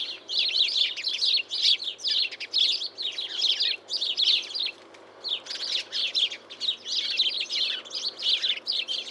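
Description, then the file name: House sparrow calls: busy, continuous chattering chirps in quick clusters, with a brief lull near the middle and a faint hum in the background. "Passer domesticus"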